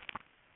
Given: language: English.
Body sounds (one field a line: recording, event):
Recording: throat vibration sensor signal played as sound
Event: swallow